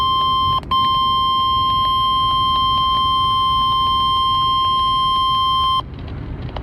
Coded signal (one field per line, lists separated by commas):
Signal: Emergency Alert System (SAME) tones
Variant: 1050 Hz attention tone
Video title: (EAS) Severe Thunderstorm Watch Expansion